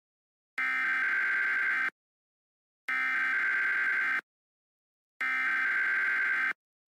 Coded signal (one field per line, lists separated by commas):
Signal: Emergency Alert System (SAME) tones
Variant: header bursts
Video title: EAS Short Scenario 62 : Beyond Disaster